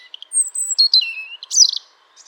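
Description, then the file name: European robin giving a thin, high, falling whistle followed by quick sweet warbled notes and a brief chattering burst. "Erithacus rubecula"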